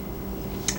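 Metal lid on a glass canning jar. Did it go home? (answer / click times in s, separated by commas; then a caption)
yes / 0.7 s. A metal lid on a glass canning jar of freshly canned applesauce gives a single sharp click at 0.7 s as it pulls down and seals while the jar cools, heard over a steady low hum. The lid has sealed.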